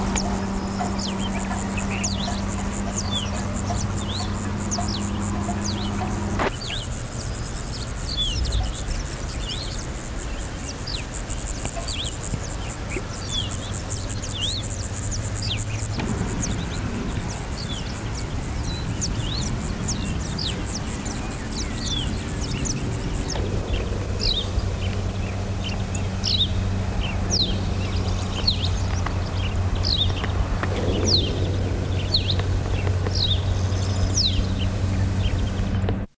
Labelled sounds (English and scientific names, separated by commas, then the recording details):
Long-billed Pipit (Anthus similis) call
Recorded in the wild
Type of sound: call
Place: See Genezareth, IL
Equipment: Halbspur, 9,5 cm/s
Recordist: Lütgens, Hans
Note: "Twerjas See" laut Ansage, vermutlich See Genezareth bei Tiberias gemeint